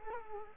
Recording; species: mosquito wingbeat signal from an infrared sensor; Culex quinquefasciatus